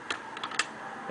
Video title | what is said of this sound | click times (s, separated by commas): 20. Chinese "IC" Card Hotel Lock fun | you'll hear a click and the slip clutch would work again and you can tell | 0.6 s